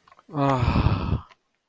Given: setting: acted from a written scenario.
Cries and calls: vocal sound without words; relief

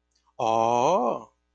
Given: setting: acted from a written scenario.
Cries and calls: vocal sound without words; awe

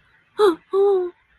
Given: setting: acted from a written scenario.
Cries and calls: vocal sound without words; adoration

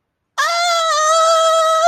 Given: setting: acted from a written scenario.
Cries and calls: vocal sound without words; disgust

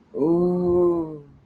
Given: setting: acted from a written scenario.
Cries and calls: vocal sound without words; desire

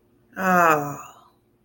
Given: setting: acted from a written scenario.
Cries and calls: vocal sound without words; serenity

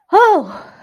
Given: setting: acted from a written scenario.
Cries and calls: vocal sound without words; relief

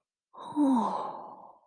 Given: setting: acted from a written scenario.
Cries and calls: vocal sound without words; awe

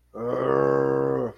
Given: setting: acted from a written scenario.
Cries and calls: vocal sound without words; anger

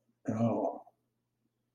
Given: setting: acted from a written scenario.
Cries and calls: vocal sound without words; embarrassment

